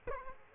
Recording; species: mosquito wingbeat signal from an infrared sensor; Aedes aegypti